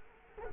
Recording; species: mosquito wingbeat signal from an infrared sensor; Culex quinquefasciatus